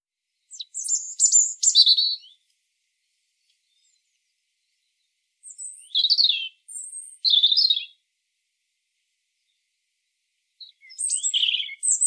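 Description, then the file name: European robin song: high, thin warbled phrases with trills and sliding whistles in three bursts separated by silence. "Erithacus rubecula"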